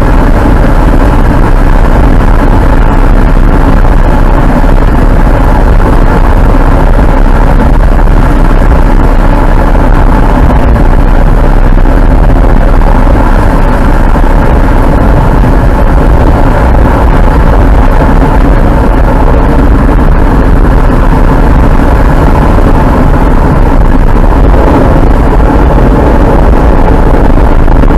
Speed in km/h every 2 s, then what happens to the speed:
85, 84, 84, 83, 82, 81, 81, 80, 79, 78, 78, 72, 69, 67.
0-20 steady at about 81. 20-25 slows to 67.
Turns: none.